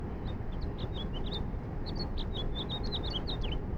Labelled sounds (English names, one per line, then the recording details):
House Finch song
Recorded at Valley Stream on Long Island, New York, on 17 June 1975
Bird AD